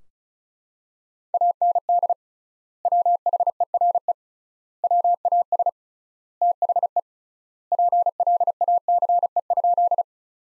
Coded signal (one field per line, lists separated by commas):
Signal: Morse code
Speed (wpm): 36 wpm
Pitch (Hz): 700 Hz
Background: none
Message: AND WHERE WAS THE PLACE?